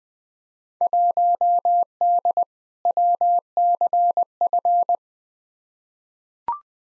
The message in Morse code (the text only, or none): 1D WCF